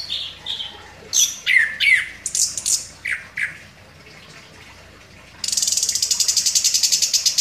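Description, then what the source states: Orange-headed thrush singing a string of short, quick downslurred notes, a pause, then a fast buzzy rattle of repeated pulses. Described as gacor, meaning singing actively.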